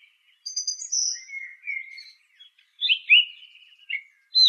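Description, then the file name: Song thrush song: a high thin whistle followed by lower slurred phrases and a loud sharp note at the end. "suara kicauan burung song thrush. omkicau"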